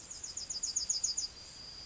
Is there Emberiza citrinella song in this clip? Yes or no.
yes